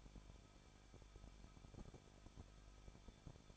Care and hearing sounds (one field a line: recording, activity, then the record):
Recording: daily activity, microphone in the room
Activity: no activity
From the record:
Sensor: 5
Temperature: 20.7 degrees Celsius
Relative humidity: 38.7%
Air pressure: 1006.5 hPa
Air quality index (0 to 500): 193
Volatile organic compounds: 21 ppm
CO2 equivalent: 2725 ppm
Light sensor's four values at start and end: 2/3/1/1 and 2/3/1/1